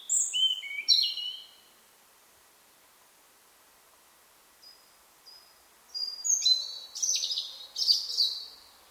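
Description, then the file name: European robin song: thin, high whistled notes falling and wavering in a short phrase, a long quiet gap with faint notes, then a richer, jumbled warbling phrase. "Erithacus rubecula"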